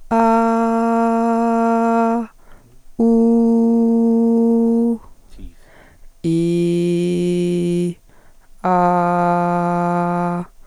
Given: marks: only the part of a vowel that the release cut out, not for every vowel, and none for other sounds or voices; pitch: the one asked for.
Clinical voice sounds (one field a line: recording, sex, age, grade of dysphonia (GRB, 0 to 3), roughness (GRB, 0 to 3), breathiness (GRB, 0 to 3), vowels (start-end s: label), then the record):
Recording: sustained vowels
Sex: female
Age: 20 to 29 years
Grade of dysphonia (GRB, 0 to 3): 1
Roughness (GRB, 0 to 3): 0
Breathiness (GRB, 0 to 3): 1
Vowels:
0.40-1.96 s: vowel /a/, high pitch
3.18-4.77 s: vowel /u/, high pitch
6.40-7.83 s: vowel /i/, low pitch
8.89-10.29 s: vowel /a/, low pitch
From the record:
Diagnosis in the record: hyperfunctional dysphonia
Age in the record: 29 years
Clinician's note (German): Hyperfunktionelle Dysphonie